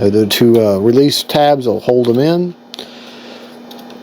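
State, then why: Seated. Someone talks as a foam wing panel of a Freewing 64mm A-10 Thunderbolt II V3 RC jet is slid onto its quick-connect mount in the fuselage. At 2.7 s a sharp snap is heard as the wing pops into place, followed by a quiet low hum. The wing is seated, held in by the two release tabs.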